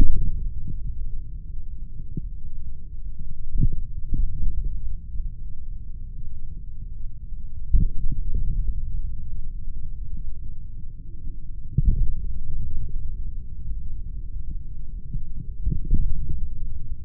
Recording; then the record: forearm muscle sounds (acoustic myography)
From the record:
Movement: finger pinch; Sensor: system 3, bracelet of six PUI Audio POM-2738L microphones around the upper forearm, with dedicated amplification and filtering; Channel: 6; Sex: male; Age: 26 years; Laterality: right